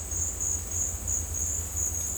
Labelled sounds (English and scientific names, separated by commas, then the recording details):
none
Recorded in dense forest near Puerto Asís, Putumayo, Colombia, on 21 December 2024 at 12:00
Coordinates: 0.466, -76.327
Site G075